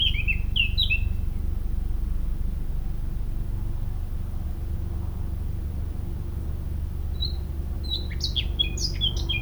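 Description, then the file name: Eurasian blackcap giving a few brisk chirping notes at the start, then after a long silence a fast, varied warbling burst of high notes, over a constant low rumble. "Sylvia atricapilla"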